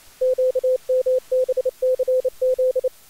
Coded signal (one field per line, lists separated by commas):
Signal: Morse code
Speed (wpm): 28 wpm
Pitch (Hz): 510 Hz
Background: none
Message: QMBCZ